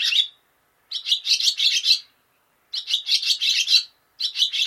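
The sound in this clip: Barn swallow twittering calls: dense bursts of rapid, scratchy chirps separated by short silent gaps.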